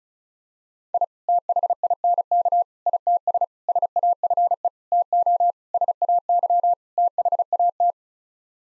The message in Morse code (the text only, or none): I THINK ITS SAFE TO SAY THAT